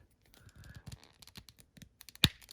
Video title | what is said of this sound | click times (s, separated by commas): Jazwares UFC Ultimate Series 1 Full Set Review! Connor McGregor, Amanda Nunez, Masvidal, Faber | Okay, snaps right in. | 2.2 s